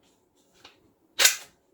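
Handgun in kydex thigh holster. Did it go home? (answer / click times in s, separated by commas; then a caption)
released / 0.7 s. A handgun is drawn out of a kydex thigh holster and breaks free of the retention with a single sharp click at 0.6 s, releasing the gun, though the draw may be scratching its finish. A louder, longer broadband rush follows from about 1.2 to 1.5 s.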